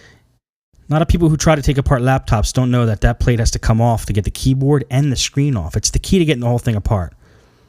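Someone talks while handling a laptop's plastic cover plate, the strip that holds the keyboard and screen, to press it back into the top case so it is all snapped back in. Nothing has seated or clicked yet.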